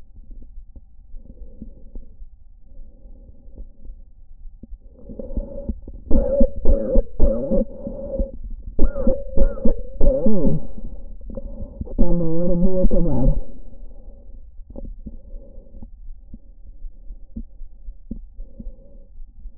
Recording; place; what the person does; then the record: lung sounds by stethoscope; trachea; quiet breathing, then cough and speech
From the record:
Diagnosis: asthma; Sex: female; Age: 66 years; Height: 172 cm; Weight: 76 kg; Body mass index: 25.7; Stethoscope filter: diaphragm mode